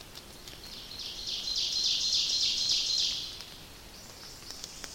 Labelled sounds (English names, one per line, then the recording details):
Ovenbird song
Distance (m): 40 m
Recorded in boreal forest in Alberta, Canada, on 29 May 2016 at 06:18
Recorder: SongMeter 3, array SBT-3-49
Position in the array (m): 115 m, 234 m
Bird 14